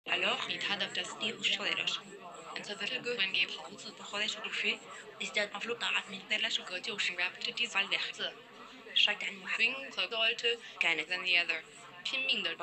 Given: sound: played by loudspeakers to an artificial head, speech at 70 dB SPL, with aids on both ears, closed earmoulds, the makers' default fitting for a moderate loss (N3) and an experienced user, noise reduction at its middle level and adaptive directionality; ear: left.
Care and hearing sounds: speech test signal (ISTS) in cocktail-party noise; 0 dB; in front (0 degrees)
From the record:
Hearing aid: class 1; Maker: I

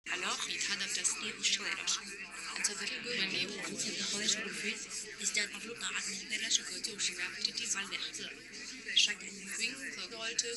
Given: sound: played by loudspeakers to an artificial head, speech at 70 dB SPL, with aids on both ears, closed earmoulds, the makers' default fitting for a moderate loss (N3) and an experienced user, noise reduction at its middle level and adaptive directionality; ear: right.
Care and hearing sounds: speech test signal (ISTS) in cocktail-party noise; -3 dB; in front (0 degrees)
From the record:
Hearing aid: class 1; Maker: H

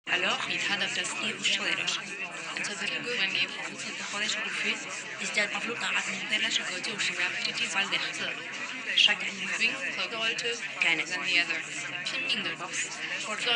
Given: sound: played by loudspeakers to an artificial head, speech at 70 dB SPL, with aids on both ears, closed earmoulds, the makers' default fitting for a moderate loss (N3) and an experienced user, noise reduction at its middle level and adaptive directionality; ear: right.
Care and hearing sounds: speech test signal (ISTS) in cocktail-party noise; 0 dB; in front (0 degrees)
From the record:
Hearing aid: class 2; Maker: G

